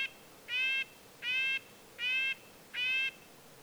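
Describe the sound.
Red-breasted nuthatch sounding five nasal, tin-horn calls, each brief and evenly spaced, against soft hiss.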